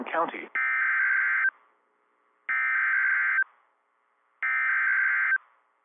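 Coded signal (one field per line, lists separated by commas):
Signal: Emergency Alert System (SAME) tones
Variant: header bursts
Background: speech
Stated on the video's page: Storm alerts from a NOAA weather radio station.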